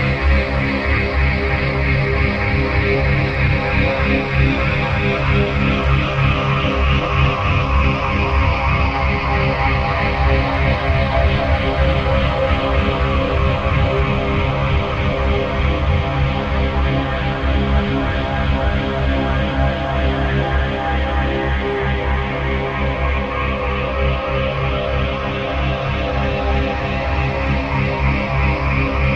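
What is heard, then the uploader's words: A full-spectrum binaural drone built on a low C# at 65.4 Hz, with a slow delta beat of 3.2 Hz. Dense, unchanging layers of steady tones fill everything from a heavy low rumble up to a bright hiss, holding even loudness for the whole half-minute. It's a full-spectrum binaural, meaning everything in the right channel (not just the binaural tone) is shifted up to create the 3.2 Hz binaural beat. C#65.4Hz Full-Spectrum δ 3.2Hz.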